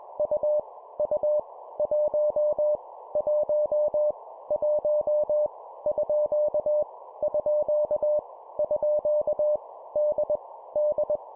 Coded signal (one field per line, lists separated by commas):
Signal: Morse code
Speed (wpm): 21 wpm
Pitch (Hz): 600 Hz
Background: none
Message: U U 1 1 1 _ _ _ D D